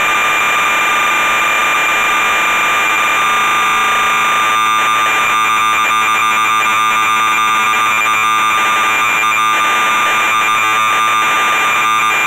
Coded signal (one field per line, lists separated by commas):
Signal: cassette data (Kansas City type)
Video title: MSX VG-8020 - ZAXXON - Cassette Tape Loading